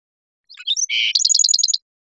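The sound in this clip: Black-throated sparrow sings one short phrase: a few scattered chips and a flat buzzy note, then a fast, evenly spaced trill of bright high notes.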